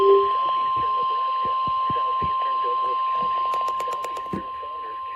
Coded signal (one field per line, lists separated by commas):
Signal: Emergency Alert System (SAME) tones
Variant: 1050 Hz attention tone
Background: speech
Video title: (EAS #2,299 - #2,337) FIRST OUTBREAK AT THE APARTMENT!!! - EAS Alerts from 6/16/25